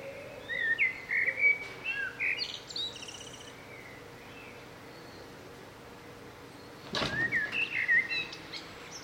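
Bird song: two bouts of lively chirping and twittering, separated by a quiet pause, with a brief loud thump or knock just before the second bout.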